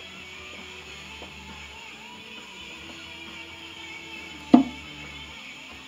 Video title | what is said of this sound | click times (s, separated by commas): V #6 ENGINE UN GOV last build of 2019 | Hear the pop? Pressed it all the way down. | 4.5 s